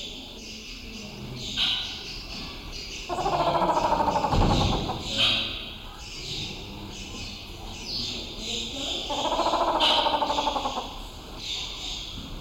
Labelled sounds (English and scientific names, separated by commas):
Grey Peacock-Pheasant (Polyplectron bicalcaratum)